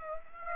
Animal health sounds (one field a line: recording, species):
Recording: mosquito wingbeat signal from an infrared sensor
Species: Aedes aegypti